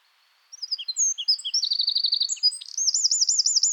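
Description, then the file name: Eurasian wren song: after half a second of quiet, a rapid run of high, varied chips and short slurred notes leads into buzzy trills, ending in a fast, rolling, very high trill. "Troglodytes troglodytes"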